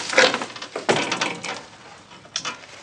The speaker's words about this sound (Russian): Леднев закрывает дверь перед носом Петрыкина.